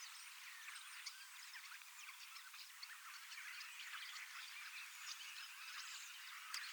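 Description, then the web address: Common starling flock singing together: a continuous, busy wash of crackling chatter and thin squeaky whistles, with no break throughout. Large flock of young starlings practising their song in preparation for next spring; recorded 25 August 2026 in Finland. "paivat 25 8 2026 iso kottaraisten nuorisoparvi valmistautuu ensi kevaaseen lauluharjoittelemalla"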